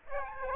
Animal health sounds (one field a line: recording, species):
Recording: mosquito wingbeat signal from an infrared sensor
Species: Aedes aegypti